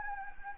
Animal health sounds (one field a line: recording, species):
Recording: mosquito wingbeat signal from an infrared sensor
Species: Anopheles gambiae